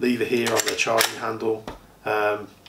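Someone talks while handling the extended-lever charging handle of a Saigo Defense Ronin AEG airsoft rifle, which is meant to latch back into the upper receiver. The clip ends before the handle goes home, so nothing has seated or clicked yet.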